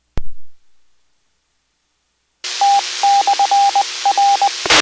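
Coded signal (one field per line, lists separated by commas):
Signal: Morse code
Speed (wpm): 20 wpm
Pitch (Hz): 800 Hz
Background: radio noise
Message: T/R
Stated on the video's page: Central Arkansas amateur repeaters 146.940, 443.200 and 146.775 MHz monitored for Skywarn severe weather nets.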